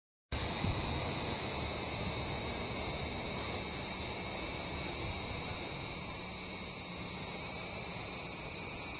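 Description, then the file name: Large brown cicada: after a brief silence, a large brown cicada starts a loud, steady, sizzling buzz that continues unchanged to the end. "セミ アブラゼミの鳴き声"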